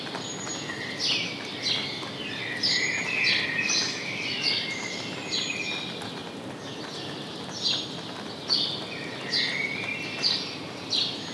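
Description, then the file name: House sparrow chirping, a lively irregular run of short bright notes, thinning to spaced single chirps near the end, with constant background noise. "Passer domesticus"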